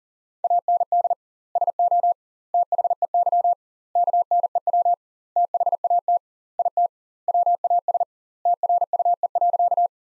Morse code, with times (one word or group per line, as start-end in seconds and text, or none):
0.4-1.1 AND
1.6-2.1 SO
2.5-3.5 THEY
4.0-4.9 KNEW
5.4-6.2 THAT
6.6-6.9 IT
7.3-8.0 WAS
8.5-9.9 TRUE.